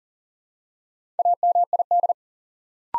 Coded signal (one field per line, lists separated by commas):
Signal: Morse code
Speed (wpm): 40 wpm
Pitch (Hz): 700 Hz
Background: none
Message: AMID